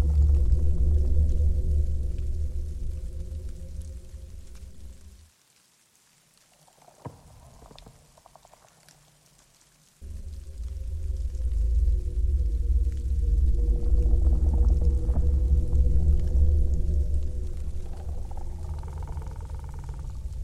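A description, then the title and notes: A dark winter forest ambience built on a deep, steady rumble with layered low droning tones. About five seconds in it cuts out to near silence, with only faint scattered sounds, then returns abruptly at ten seconds, adding a thin wavering higher tone near the end. Dark winter forest ambience. Deep in a dark winter forest surrounded by tall trees, the naked branches extend like creepy hands against the falling snowflakes. You can hear sound of howling wind, creaking groaning trees.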